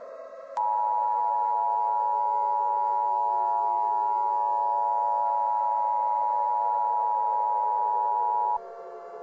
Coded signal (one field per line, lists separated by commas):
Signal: Emergency Alert System (SAME) tones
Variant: 853 and 960 Hz attention tone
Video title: KC Presents - EAS Scenario #5: Nuclear Implosion